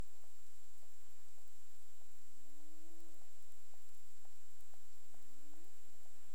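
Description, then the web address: Cetacean calls: drawn-out low tonal moans sliding slightly upward, faint evenly spaced clicks, and a constant high-pitched hum in the background. Recorded near Bermuda on 17 April 2021 at 23:59, labelled as clicks. "CARIMAM. BERMUDE 20211704 23 h 59 clic"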